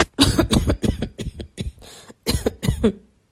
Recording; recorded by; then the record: voluntary cough; messaging app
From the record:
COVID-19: negative